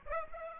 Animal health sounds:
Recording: mosquito wingbeat signal from an infrared sensor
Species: Aedes aegypti

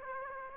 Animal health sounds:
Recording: mosquito wingbeat signal from an infrared sensor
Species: Aedes aegypti

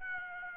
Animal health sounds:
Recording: mosquito wingbeat signal from an infrared sensor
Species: Aedes aegypti

